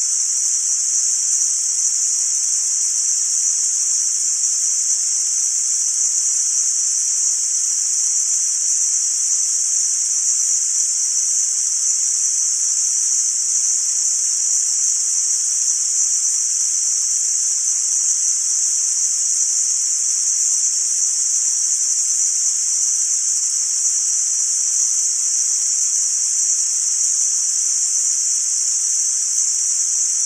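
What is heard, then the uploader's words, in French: White noise concentrated in a narrow bright band near 7000 hertz, with fainter hiss spreading down to about 1 kHz and nothing in the low end. The sound is perfectly steady and constant in loudness for the whole thirty seconds, a thin, piercing hiss. Le Bruit Blanc 7000 Hertz est un type de bruit blanc accordé à une fréquence de 7000 Hertz.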